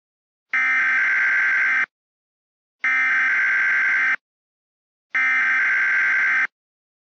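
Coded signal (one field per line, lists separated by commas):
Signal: Emergency Alert System (SAME) tones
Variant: header bursts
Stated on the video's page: Fictional EAS scenario, not a real alert.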